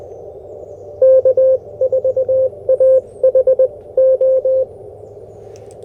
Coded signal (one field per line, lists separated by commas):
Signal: Morse code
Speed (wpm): 20 wpm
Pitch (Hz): 520 Hz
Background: none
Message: K4AHO